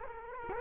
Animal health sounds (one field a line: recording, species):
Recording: mosquito wingbeat signal from an infrared sensor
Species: Culex quinquefasciatus